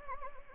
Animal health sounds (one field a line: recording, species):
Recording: mosquito wingbeat signal from an infrared sensor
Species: Anopheles gambiae